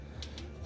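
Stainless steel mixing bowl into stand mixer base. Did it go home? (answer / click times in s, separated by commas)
no / none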